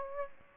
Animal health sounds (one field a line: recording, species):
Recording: mosquito wingbeat signal from an infrared sensor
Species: Aedes aegypti